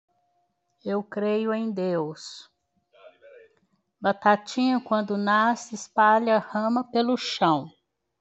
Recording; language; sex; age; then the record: short text; Brazilian Portuguese; female; 70 to 79 years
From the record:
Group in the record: control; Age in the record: 71 years